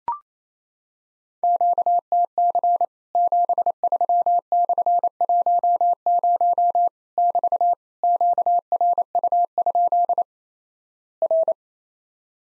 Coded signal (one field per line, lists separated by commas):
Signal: Morse code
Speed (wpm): 28 wpm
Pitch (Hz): 700 Hz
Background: none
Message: QTC 73/10 <BT> QRU? R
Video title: Worked All Europe DX Contest QTC Exchange with Repeats 28wpm